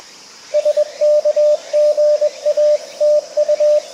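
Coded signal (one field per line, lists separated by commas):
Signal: Morse code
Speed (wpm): 20 wpm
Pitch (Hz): 600 Hz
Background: radio noise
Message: SK GA TU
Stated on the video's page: CW from a park activation (POTA) sent at 20/18 WPM by a CW beginner running CQ POTA, on 7 MHz then 10 MHz.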